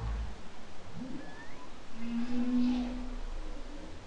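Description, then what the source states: Humpback whale song unit: a swooping upsweep followed by a long, level, tonal moan, with faint higher whistles above and background hiss. Humpback whale song, October 2012.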